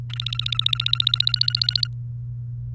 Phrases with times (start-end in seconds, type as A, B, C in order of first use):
0.10-1.87 A